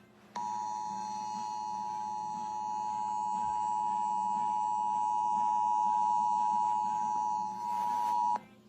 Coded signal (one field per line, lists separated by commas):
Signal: Emergency Alert System (SAME) tones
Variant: 853 and 960 Hz attention tone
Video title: EAS#6 Severe Thunderstorm Warning